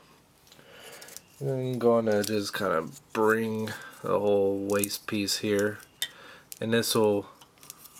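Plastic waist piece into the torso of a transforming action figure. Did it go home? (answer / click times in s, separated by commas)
no / none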